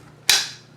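A Pulsar CORE FXQ50 thermal clip-on sight's adapter housing, lined up with pins through its cam slots, is twisted clockwise onto the day-scope adapter. At 0.3 s a single loud, bright click rings out as the lever snaps, fading over about a third of a second against a low steady hum. The clip-on is locked in place and seated on the scope.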